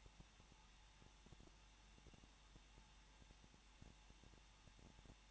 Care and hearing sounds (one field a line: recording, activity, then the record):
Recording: daily activity, microphone in the room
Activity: no activity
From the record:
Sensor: 1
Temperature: 20.1 degrees Celsius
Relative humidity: 39.4%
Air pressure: 1006.4 hPa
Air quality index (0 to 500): 219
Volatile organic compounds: 81 ppm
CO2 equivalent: 3617 ppm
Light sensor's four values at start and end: 1/2/1/1 and 1/2/1/1